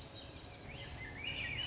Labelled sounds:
Swainson's Thrush
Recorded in Sonoma County, California

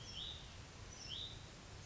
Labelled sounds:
Hutton's Vireo
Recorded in Sonoma County, California

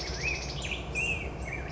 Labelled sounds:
Black-headed Grosbeak
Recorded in Sonoma County, California

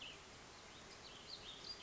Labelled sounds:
Cassin's Vireo
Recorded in Sonoma County, California

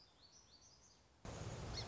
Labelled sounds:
Song Sparrow
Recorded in Sonoma County, California

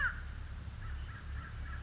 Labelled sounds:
American Crow
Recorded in Sonoma County, California

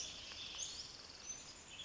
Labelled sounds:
Western Tanager
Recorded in Sonoma County, California

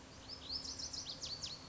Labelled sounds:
Lazuli Bunting
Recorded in Sonoma County, California

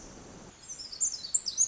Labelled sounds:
Pacific Wren
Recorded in Sonoma County, California

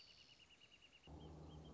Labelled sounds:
Wrentit
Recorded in Sonoma County, California

